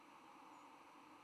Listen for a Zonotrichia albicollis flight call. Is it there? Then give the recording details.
no. Another species' flight call is heard. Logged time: 08:16 on 10 November 2014